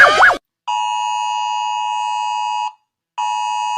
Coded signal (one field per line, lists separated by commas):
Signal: Emergency Alert System (SAME) tones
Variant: 853 and 960 Hz attention tone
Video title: Rating EAS Alarms (Part 1)!